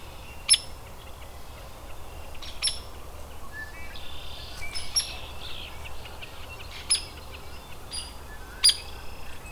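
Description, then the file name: Hairy woodpecker giving four sharp, high single peek notes at irregular intervals, with softer chirps of other birds and a low steady rumble beneath. Adult bird. "Hairy WPAdult"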